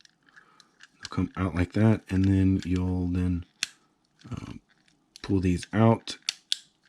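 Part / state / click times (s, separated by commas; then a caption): wheel assembly pulled out of the toy vehicle / seated / 6.5 s. Someone talks while pulling the tires out of the die-cast all-terrain space vehicle, number 11 of the Soul of Chogokin GX-88 Voltron Vehicle Force Dairugger XV toy. A sharp click at 6.5 s marks the wheel assembly seating when it is fully extended.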